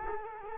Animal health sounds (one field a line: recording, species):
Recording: mosquito wingbeat signal from an infrared sensor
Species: Culex quinquefasciatus